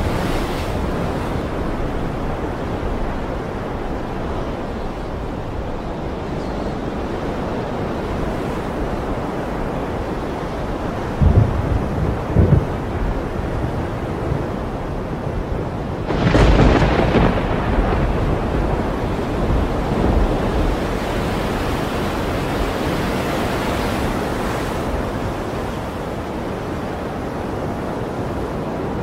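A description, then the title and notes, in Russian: A dense, steady roar of rain and surf near the sea fills the whole clip, low and rumbling with a hissing top. Thunder rolls in around eleven seconds and again more sharply at sixteen, a crack followed by a swelling, fading rumble. Шум и звуки Дождя, грозы, грома и молнии возле моря.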